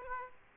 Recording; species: mosquito wingbeat signal from an infrared sensor; Aedes aegypti